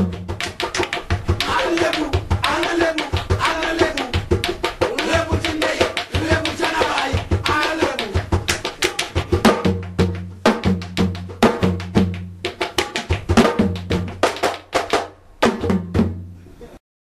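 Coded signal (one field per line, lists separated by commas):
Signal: talking drum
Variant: Wolof sabar drum language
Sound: rapid sharp hand-and-stick drum strokes with resonant low tones, speech-like irregular rhythm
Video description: On the Grammar of a Senegalese Drum Language: Yoad Winter Supporting Materials Clip 1: Two Lebou Wolof griots playing a praise song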